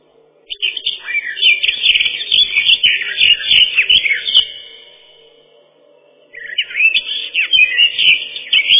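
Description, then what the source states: Eurasian blackcap song: a rapid, varied warble of bright chattering and fluty notes, a long phrase, a pause of about a second and a half, then a second burst. Song described as a set of very beautiful fluty whistles, constantly changing in loudness.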